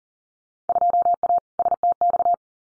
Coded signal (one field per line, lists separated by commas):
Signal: Morse code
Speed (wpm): 41 wpm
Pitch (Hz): 700 Hz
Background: none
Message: 2A STX